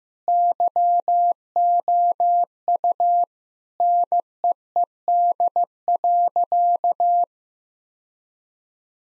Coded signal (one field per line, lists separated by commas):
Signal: Morse code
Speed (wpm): 15 wpm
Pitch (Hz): 700 Hz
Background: none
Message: YOU NEED.